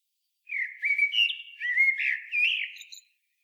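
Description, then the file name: Common blackbird delivering a continuous, leisurely fluted warble of slurred whistles with faint squeaky notes at the end. "Turdus merula"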